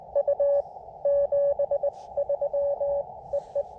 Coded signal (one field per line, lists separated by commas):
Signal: Morse code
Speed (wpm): 21 wpm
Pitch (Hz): 590 Hz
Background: none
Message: U 73 EE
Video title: CW POTA at new to me K-5297 Skyline Drive State Forest